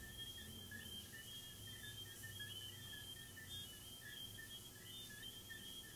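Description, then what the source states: Crickets chirping in a steady, high pulsing trill, with faint buzzy notes lower down over a low background rumble. Crickets recorded in a garden.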